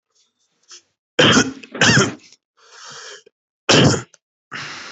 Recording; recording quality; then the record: heavy voluntary cough; excellent, no background noise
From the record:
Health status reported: healthy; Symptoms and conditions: none ticked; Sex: male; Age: 19 years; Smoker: not ticked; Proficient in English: yes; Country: India